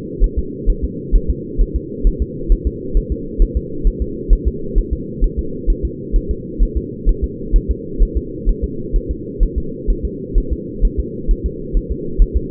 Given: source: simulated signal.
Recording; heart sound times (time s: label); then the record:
fetal heart sounds
0.24 s: S1
0.38 s: S2
0.70 s: S1
0.84 s: S2
1.16 s: S1
1.30 s: S2
1.61 s: S1
1.76 s: S2
2.07 s: S1
2.22 s: S2
2.52 s: S1
2.67 s: S2
2.97 s: S1
3.12 s: S2
3.42 s: S1
3.57 s: S2
3.87 s: S1
4.02 s: S2
4.33 s: S1
4.48 s: S2
4.78 s: S1
4.93 s: S2
5.24 s: S1
5.39 s: S2
5.70 s: S1
5.85 s: S2
6.16 s: S1
6.31 s: S2
6.63 s: S1
6.77 s: S2
7.09 s: S1
7.24 s: S2
7.56 s: S1
7.71 s: S2
8.03 s: S1
8.17 s: S2
8.49 s: S1
8.64 s: S2
8.96 s: S1
9.11 s: S2
9.43 s: S1
9.58 s: S2
9.90 s: S1
10.05 s: S2
10.38 s: S1
10.52 s: S2
10.85 s: S1
10.99 s: S2
11.31 s: S1
11.46 s: S2
11.77 s: S1
11.92 s: S2
12.22 s: S1
12.37 s: S2
From the record:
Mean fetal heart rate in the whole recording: 130 bpm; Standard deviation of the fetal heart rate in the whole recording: 4 bpm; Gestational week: 38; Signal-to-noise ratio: -4.3 dB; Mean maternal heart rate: 72 bpm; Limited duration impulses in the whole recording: absent